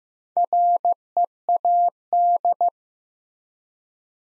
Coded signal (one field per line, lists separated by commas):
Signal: Morse code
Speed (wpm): 15 wpm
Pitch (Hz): 700 Hz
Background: none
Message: READ